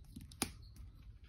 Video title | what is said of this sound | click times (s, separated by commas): How to thread fingerboard China trucks | And it takes quite a bit of force. You already heard it click there. | 0.4 s